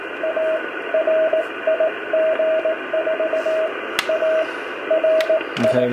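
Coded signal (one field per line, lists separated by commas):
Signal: Morse code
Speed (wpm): 18 wpm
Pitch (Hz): 640 Hz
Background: radio noise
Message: ARI G4ARI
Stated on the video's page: CW from a homebrew 1930s-style single-valve transmitter in a demonstration contact.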